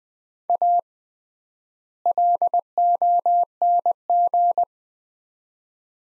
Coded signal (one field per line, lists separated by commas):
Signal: Morse code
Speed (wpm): 21 wpm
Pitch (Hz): 700 Hz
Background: none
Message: A LONG